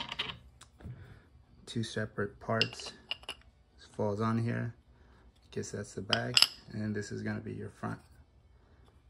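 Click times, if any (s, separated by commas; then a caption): none. A wheel guard is handled at the head of a DeWalt DCG412B cordless angle grinder while someone talks, with brief sharp metallic clicks and taps near the start and around 3.1 to 3.4 seconds. Nothing has seated or clicked into place yet.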